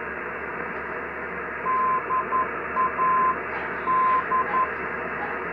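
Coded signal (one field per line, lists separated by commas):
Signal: Morse code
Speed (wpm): 11 wpm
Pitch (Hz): 1030 Hz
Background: radio noise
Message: DAD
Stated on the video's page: 200 kHz non-directional beacon in Brazil, received on an Icom IC-R75 with a magnetic mini loop antenna.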